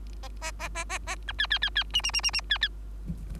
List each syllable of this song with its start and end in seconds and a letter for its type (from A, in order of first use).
0.22-0.28 A, 0.41-0.51 A, 0.59-0.69 A, 0.75-0.84 A, 0.89-0.98 A, 1.07-1.16 A, 1.27-1.32 B, 1.38-1.47 C, 1.50-1.58 C, 1.62-1.70 C, 1.75-1.84 C, 1.93-2.01 D, 2.03-2.11 D, 2.13-2.21 D, 2.23-2.31 D, 2.33-2.41 D, 2.50-2.58 C, 2.61-2.68 C